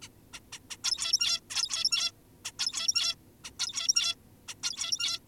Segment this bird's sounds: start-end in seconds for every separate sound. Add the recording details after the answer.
0.02-0.09, 0.33-0.40, 0.52-0.59, 0.70-0.77, 0.84-1.40, 1.50-2.12, 2.45-2.52, 2.59-3.16, 3.44-3.52, 3.60-4.16, 4.48-4.55, 4.63-5.20. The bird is an adult. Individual g17y2U